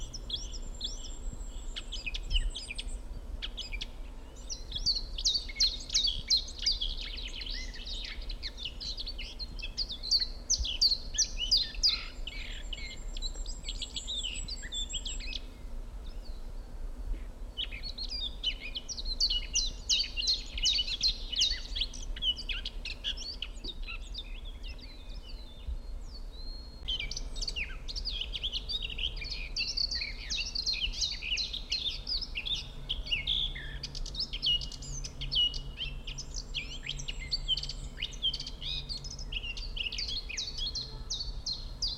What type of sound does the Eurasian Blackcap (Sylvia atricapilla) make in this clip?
song